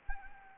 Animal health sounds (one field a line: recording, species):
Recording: mosquito wingbeat signal from an infrared sensor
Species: Anopheles arabiensis